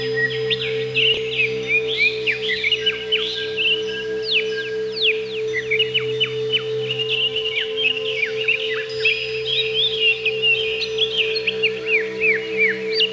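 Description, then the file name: Greater green leafbird delivering a busy, varied song of chips, warbles and sharp falling whistles, nearly continuous, with a steady hum below. "cucak ijo"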